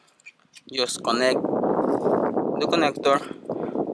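An electrical connector is being handled onto the ignition coil of a 2011 Chevy Malibu 4-cylinder during a spark plug replacement, with the coil already seated over the spark plug. Someone talks throughout, with a few faint handling ticks near the start and a couple of small knocks later on. Nothing has seated or clicked yet.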